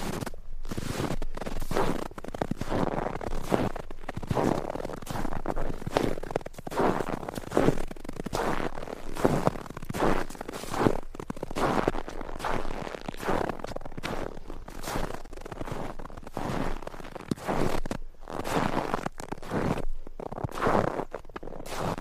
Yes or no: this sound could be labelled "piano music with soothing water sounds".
no